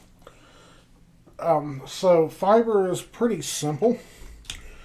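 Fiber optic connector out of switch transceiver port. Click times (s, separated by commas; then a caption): 0.3 s. A fiber optic connector's latch is pushed down and the connector releases from a switch transceiver port with a click at 0.3 s, popping right out. Someone then talks.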